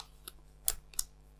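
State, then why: Seated. The cocking lever of a Walther LP2 single-stroke pneumatic air pistol is pulled down, and its metal hammer catches on the sear. A faint tick at 0.3 s comes before the sharp, bright metallic click at 0.7 s, where the hammer catches; a second click follows at 1.0 s. The hammer ends up cocked and held by the sear.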